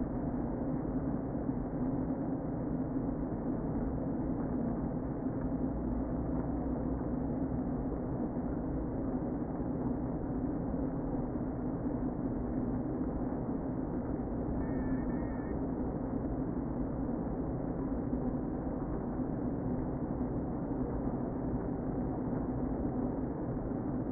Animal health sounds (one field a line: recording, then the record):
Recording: honeybee colony, microphone inside the hive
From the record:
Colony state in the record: queen present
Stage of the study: before two queens were removed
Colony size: about 60,000 bees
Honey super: yes